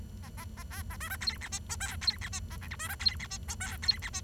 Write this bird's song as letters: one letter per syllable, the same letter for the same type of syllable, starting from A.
A A A B A C D E F G H I E F G A J K C D E F G H I E F G